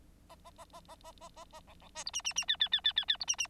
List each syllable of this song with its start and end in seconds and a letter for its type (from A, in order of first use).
0.29-0.36 A, 0.44-0.51 A, 0.58-0.65 A, 0.73-0.80 A, 0.88-0.95 A, 1.03-1.12 A, 1.21-1.29 A, 1.36-1.45 A, 1.52-1.60 A, 1.67-1.74 B, 1.81-1.88 B, 1.95-2.04 C, 2.06-2.11 D, 2.13-2.22 E, 2.24-2.33 E, 2.35-2.45 E, 2.48-2.56 F, 2.60-2.69 F, 2.71-2.81 F, 2.84-2.93 F, 2.96-3.05 F, 3.08-3.17 F, 3.20-3.25 D, 3.27-3.36 E, 3.38-3.47 E